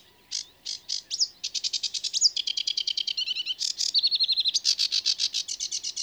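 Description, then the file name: Sedge warbler song of varied fast chatter, buzzy repeated runs and scratchy trills, starting with a few spaced notes. "Rietzanger"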